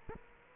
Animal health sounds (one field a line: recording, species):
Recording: mosquito wingbeat signal from an infrared sensor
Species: Aedes aegypti